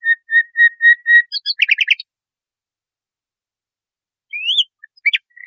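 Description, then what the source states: Nightingale song: five clear whistled notes in quick succession, then a quick rattling trill, a silence, and a few slurred notes. Masteran: a training recording played to cage birds so they learn the song.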